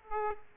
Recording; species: mosquito wingbeat signal from an infrared sensor; Aedes aegypti